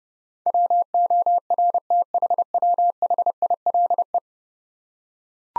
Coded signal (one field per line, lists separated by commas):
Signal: Morse code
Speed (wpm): 30 wpm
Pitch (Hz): 700 Hz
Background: none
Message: WORTHWHILE